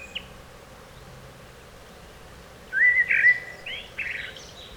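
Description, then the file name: Common blackbird giving a single short mellow whistled phrase after a few quiet seconds, ending in softer, higher twittering notes. "Turdus merula"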